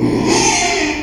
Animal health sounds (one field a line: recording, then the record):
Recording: squeal of a Yucatan mini pig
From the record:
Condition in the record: after surgery on the right vocal fold (resection and tissue-engineered implant)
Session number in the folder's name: 2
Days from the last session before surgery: 13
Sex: male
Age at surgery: 12 weeks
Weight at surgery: 13 kg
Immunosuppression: cyclosporine, prednisolone